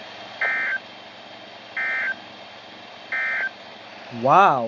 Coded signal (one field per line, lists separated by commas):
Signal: Emergency Alert System (SAME) tones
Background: speech